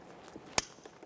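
The wiring harness electrical connector is plugged back into the power window switch of a 2004-2008 Ford F-150. A single sharp click at 0.6 s stands out against faint, quiet handling noise. The connector is seated.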